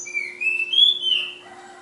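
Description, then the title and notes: Flowerpecker song, a thin whistled note sliding upward then easing down in one smooth phrase, with a faint lower warble at the end and steady background hum. Recorded in Kudus. "Tledekan/Sulingan ABABIL. Suara Burung Tledekan Ababil dari Kudus"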